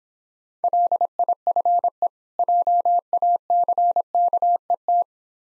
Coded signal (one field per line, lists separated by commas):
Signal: Morse code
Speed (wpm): 26 wpm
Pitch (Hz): 700 Hz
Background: none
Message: LIFE JACKET